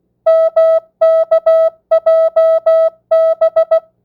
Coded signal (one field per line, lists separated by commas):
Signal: Morse code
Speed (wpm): 16 wpm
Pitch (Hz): 650 Hz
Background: music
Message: MKJB